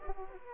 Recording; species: mosquito wingbeat signal from an infrared sensor; Aedes aegypti